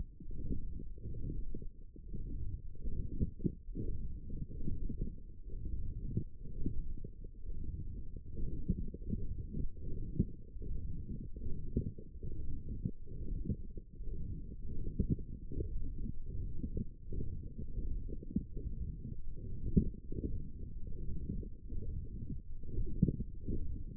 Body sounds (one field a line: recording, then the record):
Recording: forearm muscle sounds (acoustic myography)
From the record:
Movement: forearm pronation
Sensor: system 1, eight BSWA MPA416 microphones around the upper forearm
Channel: 1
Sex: male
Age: 23 years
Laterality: right